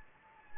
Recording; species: mosquito wingbeat signal from an infrared sensor; Anopheles gambiae